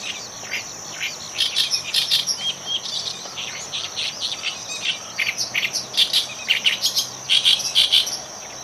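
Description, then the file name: Oriental reed warbler song, a string of short, scratchy chirps and croaks repeated in quick clusters against a constant high-pitched background hiss. 12 June 2011. "yosikiri"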